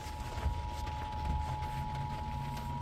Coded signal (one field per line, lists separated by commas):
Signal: Emergency Alert System (SAME) tones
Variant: 853 and 960 Hz attention tone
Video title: THE ARCH 106.5 - Severe Thunderstorm Warning (EAS)